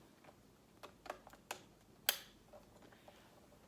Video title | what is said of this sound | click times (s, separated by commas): Setting up Your CapTel Phone (2400i) | when properly inserted you should feel it click | 2.1 s